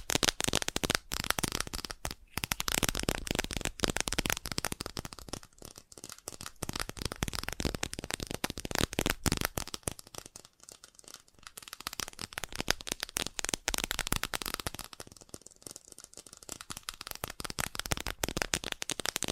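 Fast tapping runs nearly nonstop, a dense, rapid patter of crisp, bright clicks that sounds dry, like fingertips on a hard surface. The pace eases slightly around ten seconds and again near fifteen, then picks back up toward the end.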